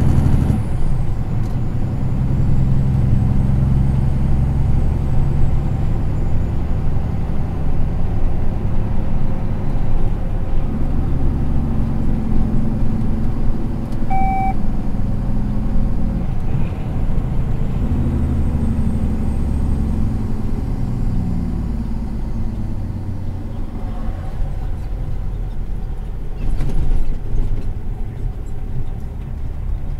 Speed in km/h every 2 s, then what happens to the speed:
60, 63, 65, 66, 66, 64, 60, 56, 54, 45, 38, 29, 27, 21, 23.
0-6 speeds up to 66. 6-11 steady at about 66. 11-30 slows to 23.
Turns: 20-27.